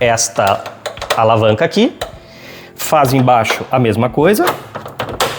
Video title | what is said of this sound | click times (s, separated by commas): MONTAGEM passo a passo de um PAINEL DE LED - CURSO PAINEL DE LED AULA 2 | Ó, fez o clique e depois que fez o clique, você abaixa. | 5.2 s